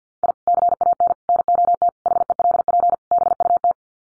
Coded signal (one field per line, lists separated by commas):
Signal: Morse code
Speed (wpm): 50 wpm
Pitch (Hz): 700 Hz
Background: none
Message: I CAN NOT HELP BUT